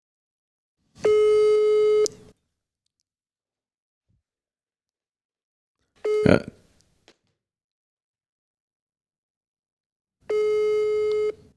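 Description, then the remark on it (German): A telephone ringing tone from a call to an unfamiliar number, played on loudspeaker, sounds twice, each a steady, buzzy mid-pitched tone about a second long, separated by a long silence. Nobody answers and there is no voicemail, and a single short spoken word falls in between. “Die wird schön blöd sein und an eine fremde Nummer einfach rangehen.”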